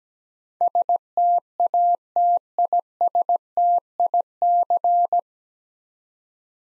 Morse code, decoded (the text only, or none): STATISTIC